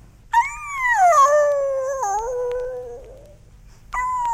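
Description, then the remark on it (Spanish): A dog howls from a kennel at midnight in a long, wavering, mournful wail that slides downward in pitch over several seconds, then a second howl begins at the end. “Persistían los aullidos lastimeros.”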